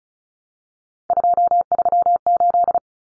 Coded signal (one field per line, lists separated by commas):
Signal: Morse code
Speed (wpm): 34 wpm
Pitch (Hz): 700 Hz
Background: none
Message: 238